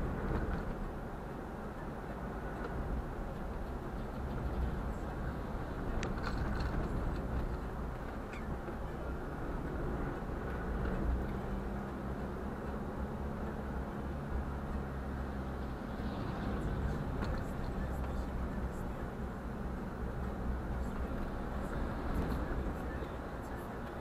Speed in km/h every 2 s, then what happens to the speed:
39, 37, 34, 31, 27, 28, 30, 29, 30, 29, 27, 27.
0-8 slows to 27. 8-24 steady at about 28.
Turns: none.